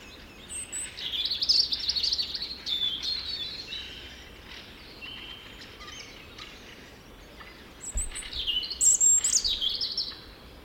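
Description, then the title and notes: European robin song: two high, tinkling, liquid phrases of varied trills and slurs, separated by a softer stretch, against steady low background noise. "Punarinta. Heidi Björklund"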